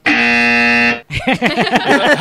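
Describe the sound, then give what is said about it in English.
A loud, harsh game show buzzer blares one flat, steady tone for about a second, then cuts off abruptly and voices start talking right after. “Pues venga, vamos a ponerte un buzzer.”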